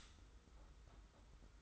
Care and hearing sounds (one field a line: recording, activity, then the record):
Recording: daily activity, microphone in the room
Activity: stop toaster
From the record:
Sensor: 3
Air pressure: 991.6 hPa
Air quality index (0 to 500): 182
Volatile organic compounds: 1000 ppm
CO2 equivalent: 6082 ppm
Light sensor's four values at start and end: 41/117/47/42 and 41/117/47/42